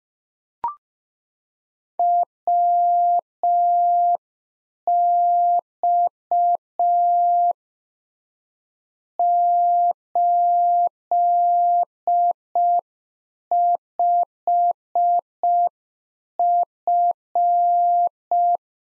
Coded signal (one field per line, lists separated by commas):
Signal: Morse code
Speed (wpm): 5 wpm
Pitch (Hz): 700 Hz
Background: none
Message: WX 85F